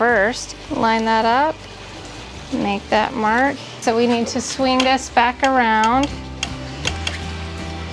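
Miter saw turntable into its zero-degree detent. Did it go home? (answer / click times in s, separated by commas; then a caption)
yes / 7.1 s. Someone talks over music as a miter saw table is swung back from the 45° position toward zero. The turntable's angle detent clicks into the zero-degree position at 7.1 s, seating it in place.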